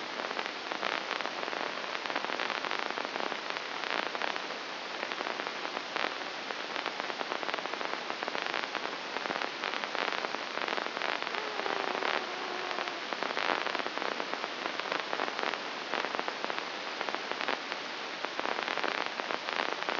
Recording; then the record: brain microelectrode recording played as sound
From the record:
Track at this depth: inside the subthalamic nucleus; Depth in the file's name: 3.102 mm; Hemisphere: left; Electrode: 2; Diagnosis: Parkinson's disease